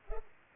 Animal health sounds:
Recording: mosquito wingbeat signal from an infrared sensor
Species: Culex pipiens

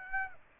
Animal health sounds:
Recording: mosquito wingbeat signal from an infrared sensor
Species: Aedes aegypti

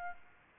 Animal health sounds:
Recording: mosquito wingbeat signal from an infrared sensor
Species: Aedes albopictus

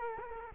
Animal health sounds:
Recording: mosquito wingbeat signal from an infrared sensor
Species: Culex quinquefasciatus

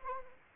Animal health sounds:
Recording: mosquito wingbeat signal from an infrared sensor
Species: Anopheles arabiensis

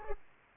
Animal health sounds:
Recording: mosquito wingbeat signal from an infrared sensor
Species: Culex pipiens

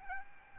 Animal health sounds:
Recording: mosquito wingbeat signal from an infrared sensor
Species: Aedes albopictus

